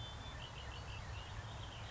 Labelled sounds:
Red-winged Blackbird (Agelaius phoeniceus)
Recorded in Sonoma County, California

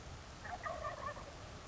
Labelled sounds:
Wild Turkey (Meleagris gallopavo)
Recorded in Sonoma County, California

